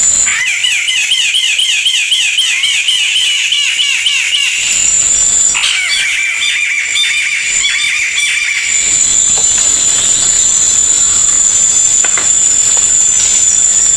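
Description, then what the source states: Bird song: two bouts of rapid, looping warbles, then a steady shrill whine with hiss. Bird with a melodious voice.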